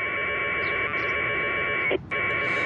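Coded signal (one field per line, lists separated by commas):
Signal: packet radio (AX.25, as in APRS)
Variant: 1200 baud AFSK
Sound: rapid warbling two-tone data chatter, briefly cut off near the end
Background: radio static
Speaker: we go now we're going to start receiving the node list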